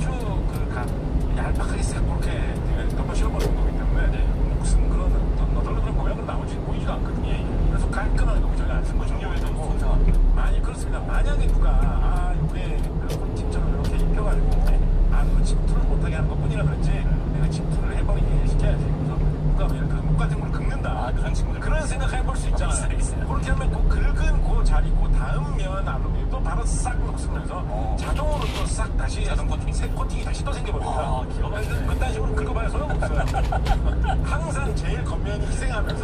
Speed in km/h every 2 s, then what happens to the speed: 36, 36, 35, 32, 30, 29, 27, 30, 30, 31, 27, 28, 27, 26, 22, 23, 24, 26.
0-11 slows to 27. 11-18 steady at about 30. 18-28 slows to 22. 28-36 steady at about 23.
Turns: none.